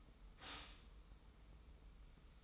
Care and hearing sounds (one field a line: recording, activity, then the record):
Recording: daily activity, microphone in the room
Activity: stop toaster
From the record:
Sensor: 1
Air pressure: 990.7 hPa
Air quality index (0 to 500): 144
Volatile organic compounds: 853 ppm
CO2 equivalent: 5173 ppm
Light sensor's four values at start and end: 26/63/26/29 and 27/63/26/29